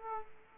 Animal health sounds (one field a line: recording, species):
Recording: mosquito wingbeat signal from an infrared sensor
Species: Aedes aegypti